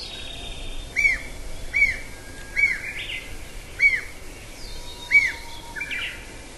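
Nuthatch call series: five loud, piping notes repeated about once a second, with a soft rushing background.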